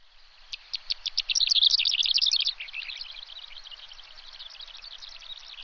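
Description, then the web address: Bird twittering: a quickening series of high clicks builds into a dense, loud chatter, then eases into softer continuous trilling. "bird db"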